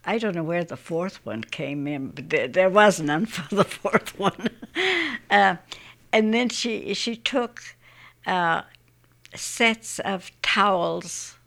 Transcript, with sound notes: I don't know where the fourth one came in, but there was none for the fourth one. (she laughs) And then she, she took sets of towels,